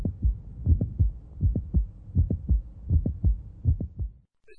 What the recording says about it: Upon standing, we leave approximately 600 mL of blood in our legs. This acutely reduces left ventricular volume and thus makes prolapse occur earlier and earlier, perhaps even precipitating a murmur in a patient who is capable of mitral regurgitation.